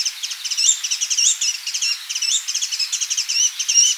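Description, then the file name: Asian brown flycatcher in a brief burst of quick, high twitters and rising and falling slurred notes. "Muscicapa dauurica"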